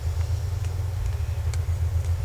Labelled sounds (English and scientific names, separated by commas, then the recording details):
none
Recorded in secondary vegetation near Puerto Asís, Putumayo, Colombia, on 21 December 2024 at 11:00
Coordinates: 0.468, -76.324
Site G095